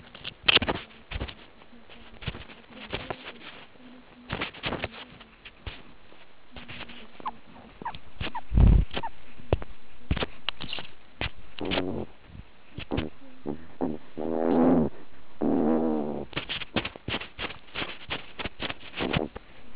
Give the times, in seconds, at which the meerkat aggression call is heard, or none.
11.58-12.03, 12.92-13.08, 13.82-14.89, 15.40-16.25, 18.98-19.26